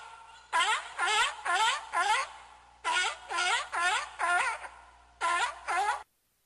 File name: heuler seehund robbe gerausch